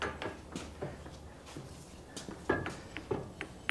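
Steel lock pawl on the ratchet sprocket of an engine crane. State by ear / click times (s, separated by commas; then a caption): not seated / none. The handle of a shop engine crane (hoist) is worked while the steel lock pawl on the ratchet sprocket is disengaged, producing a run of sharp metallic ratcheting ticks that grow louder toward the end. The pawl never catches, so nothing has locked in place.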